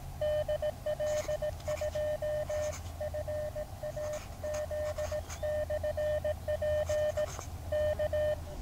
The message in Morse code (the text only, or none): DL2FAZ/P K